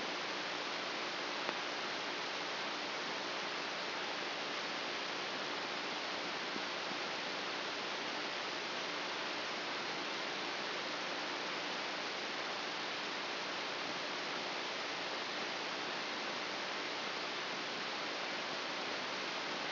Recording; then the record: brain microelectrode recording played as sound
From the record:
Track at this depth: inside the subthalamic nucleus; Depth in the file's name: 4.502 mm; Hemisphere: left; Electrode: 2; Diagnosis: Parkinson's disease